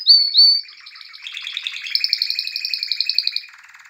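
Canary song opening with two bright upswept whistles, followed by dense rapid trills that pulse at a fast even beat.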